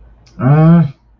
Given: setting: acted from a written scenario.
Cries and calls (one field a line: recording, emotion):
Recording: vocal sound without words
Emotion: anger